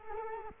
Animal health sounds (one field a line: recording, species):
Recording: mosquito wingbeat signal from an infrared sensor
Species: Culex quinquefasciatus